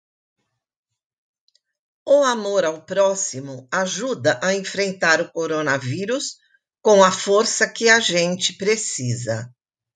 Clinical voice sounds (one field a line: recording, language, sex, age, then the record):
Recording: spoken sentence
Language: Brazilian Portuguese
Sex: female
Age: 70 to 79 years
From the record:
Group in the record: control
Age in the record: 70 years